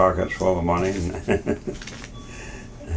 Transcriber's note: laughter